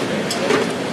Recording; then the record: background sound without coughing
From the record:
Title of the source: Office Sounds Ambience - Background Noise for Study and Work